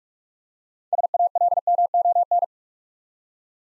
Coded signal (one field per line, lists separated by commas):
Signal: Morse code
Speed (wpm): 44 wpm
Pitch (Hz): 700 Hz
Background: none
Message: SALMON